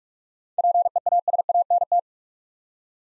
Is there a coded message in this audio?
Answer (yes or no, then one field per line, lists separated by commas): yes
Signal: Morse code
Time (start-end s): 0.6-2.0 s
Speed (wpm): 46 wpm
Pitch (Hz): 700 Hz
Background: none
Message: PEASANT